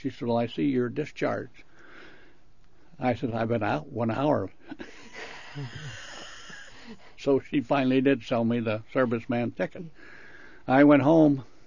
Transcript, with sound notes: She said, "Well, I see you're discharged." I said, "I've been out one hour!" [Laughs] So she finally did sell me the serviceman's ticket. I went home,